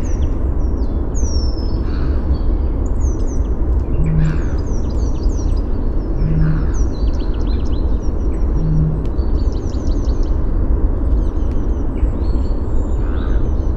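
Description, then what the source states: Bird song and calls: a string of high, thin downslurred whistles and quick chirps over constant low-pitched background noise. Helsinki, 29 April 2013; song and calls.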